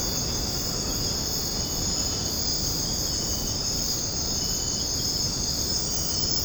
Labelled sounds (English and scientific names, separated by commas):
none